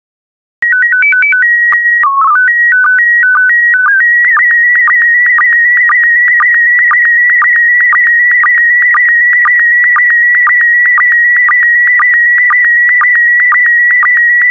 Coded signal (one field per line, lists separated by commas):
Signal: SSTV (slow-scan television)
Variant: PD 120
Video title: 166035 Images of Turkey SSTV PD120